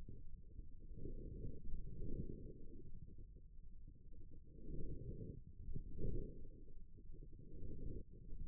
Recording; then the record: forearm muscle sounds (acoustic myography)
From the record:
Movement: forearm supination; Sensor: system 1, eight BSWA MPA416 microphones around the upper forearm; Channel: 7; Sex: male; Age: 28 years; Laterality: right